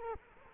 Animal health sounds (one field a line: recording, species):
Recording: mosquito wingbeat signal from an infrared sensor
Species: Culex quinquefasciatus